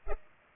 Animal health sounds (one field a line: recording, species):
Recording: mosquito wingbeat signal from an infrared sensor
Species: Culex pipiens